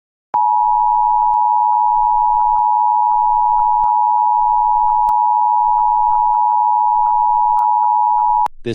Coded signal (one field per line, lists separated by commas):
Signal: Emergency Alert System (SAME) tones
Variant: 853 and 960 Hz attention tone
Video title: EAS Scenario: California Girls Attack Part 16